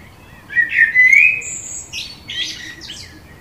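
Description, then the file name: Common blackbird song: a clear, mellow fluted phrase, then a burst of high chattering twitter. "Turdus merula"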